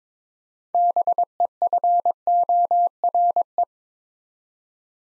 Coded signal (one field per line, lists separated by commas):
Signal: Morse code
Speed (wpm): 22 wpm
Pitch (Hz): 700 Hz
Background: none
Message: BEFORE